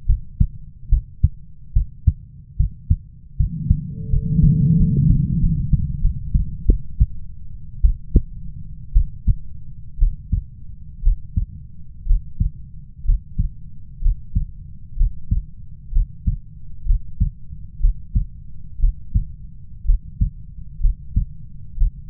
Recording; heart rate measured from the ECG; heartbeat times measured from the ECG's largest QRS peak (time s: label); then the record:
heart sounds by stethoscope; 66 bpm
0.07 s: heartbeat
0.90 s: heartbeat
1.74 s: heartbeat
2.57 s: heartbeat
3.37 s: heartbeat
4.10 s: heartbeat
4.77 s: heartbeat
5.40 s: heartbeat
6.01 s: heartbeat
6.66 s: heartbeat
7.82 s: heartbeat
8.93 s: heartbeat
9.98 s: heartbeat
11.03 s: heartbeat
12.06 s: heartbeat
13.05 s: heartbeat
14.01 s: heartbeat
14.97 s: heartbeat
15.92 s: heartbeat
16.86 s: heartbeat
17.80 s: heartbeat
18.79 s: heartbeat
19.85 s: heartbeat
20.80 s: heartbeat
21.77 s: heartbeat
From the record:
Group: healthy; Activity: rest 0-3 s, breath hold 3-22 s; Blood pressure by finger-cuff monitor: 95/56 mmHg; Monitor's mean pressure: 71 mmHg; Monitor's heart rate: 63 bpm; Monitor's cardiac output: 6.1 L/min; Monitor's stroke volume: 92 mL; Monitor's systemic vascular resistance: 790 dyn s/cm5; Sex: female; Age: 22 years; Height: 157 cm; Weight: 47.6 kg